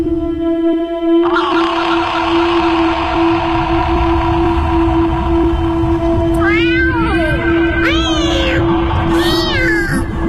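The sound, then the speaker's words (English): A brindled cat meows three times in quick succession, each a wavering, rising-and-falling cry, over a steady low droning hum and rumbling background noise that runs throughout. “Thrice the brinded cat hath mewed”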